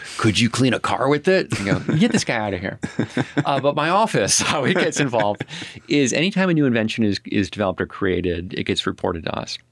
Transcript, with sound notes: “Could you clean a car with it?” Get this guy out of here. [Laughs] But my office, how it gets involved is anytime a new invention is developed or created, it gets reported to us.